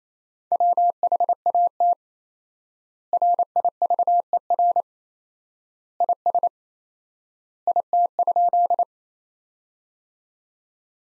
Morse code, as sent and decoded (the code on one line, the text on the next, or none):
.-- .... .- - / .-. .. ...- . .-. / .. ... / .. - ..--..
WHAT RIVER IS IT?